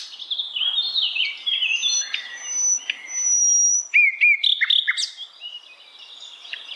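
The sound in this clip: Bird song: high warbled phrases and slurred whistles, a long thin high whistle held steady, and sharp chirps later on.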